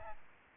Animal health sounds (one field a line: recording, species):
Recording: mosquito wingbeat signal from an infrared sensor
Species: Aedes albopictus